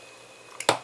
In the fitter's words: with the shorter end and that just snaps in place